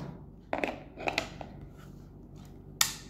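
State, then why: Seated. A battery pack is pushed onto the back of a Motorola DP1400 two-way radio. A few light knocks and scrapes come at 0.5–1.2 s, then the latch engages with a single sharp, bright click at 2.8 s. The battery is seated firmly with a positive click.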